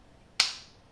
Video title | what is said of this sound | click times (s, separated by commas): The Best CNC Tattoo Machine - CNC X-WE Full Honest Review | There you go. It makes that nice click. | 0.4 s